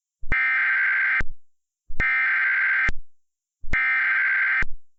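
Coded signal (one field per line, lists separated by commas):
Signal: Emergency Alert System (SAME) tones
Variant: header bursts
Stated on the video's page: Mock EAS, simulated: a Wireless Emergency Alert recreated as EAS tones.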